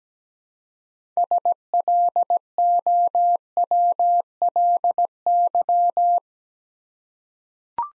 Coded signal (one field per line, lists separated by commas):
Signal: Morse code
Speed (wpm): 17 wpm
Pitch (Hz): 700 Hz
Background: none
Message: SLOWLY